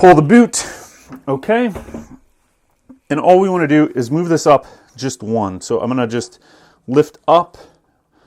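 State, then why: Not seated. With the boot removed from a Head PR 11 ski binding, someone talks while getting ready to lift the rear adjustment lever on the heel piece rail to move the setting up one position. The clip ends before the lever clicks into the next notch, so nothing has seated or clicked yet.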